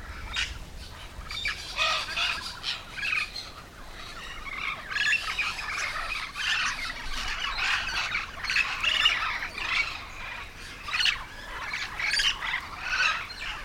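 Yellow-shouldered parrot harsh squawks repeated in uneven bursts.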